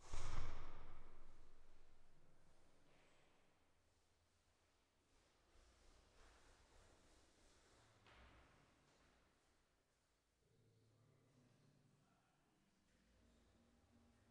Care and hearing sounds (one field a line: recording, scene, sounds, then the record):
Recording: everyday scene through a hearing-aid microphone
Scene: reverberant space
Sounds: speech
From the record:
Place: staircase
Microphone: behind the ear, left, front